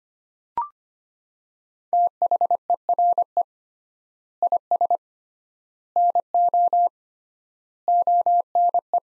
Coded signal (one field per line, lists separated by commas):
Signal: Morse code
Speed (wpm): 25 wpm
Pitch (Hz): 700 Hz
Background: none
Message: THERE IS NO ONE